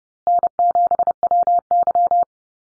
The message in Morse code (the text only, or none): N7WY